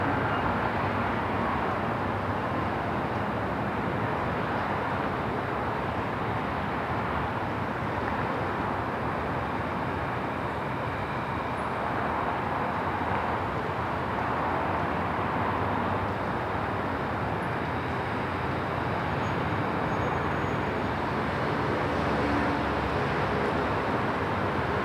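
A busy city at night heard from a rooftop, a dense, unbroken wash of traffic noise that holds steady for the whole stretch. The roar sits mostly in the low and middle range, with a deep rumble underneath and no single vehicle standing out.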